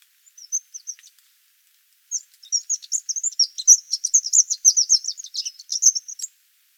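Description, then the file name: Eurasian wren song: a few scattered high ticks, then a loud, rapid, sustained trill of sharp high notes lasting about four seconds before stopping abruptly. "Troglodytes troglodytes"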